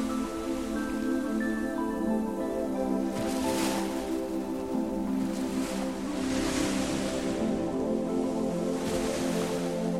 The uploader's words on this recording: Evening Walk Along The Beach. The summer walk on the beach.